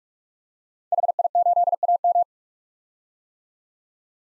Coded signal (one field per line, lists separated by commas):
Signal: Morse code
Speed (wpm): 47 wpm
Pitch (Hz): 700 Hz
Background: none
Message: HI8AM